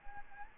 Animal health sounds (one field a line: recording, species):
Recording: mosquito wingbeat signal from an infrared sensor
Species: Anopheles gambiae